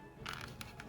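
The plastic back cover of a Steam Deck handheld gaming PC is pressed hard back onto the shell. Its clips snap home in a quick run of sharp cracking snaps at 0.3, 0.3, 0.4, 0.6 and 0.8 seconds, and the cover is seated.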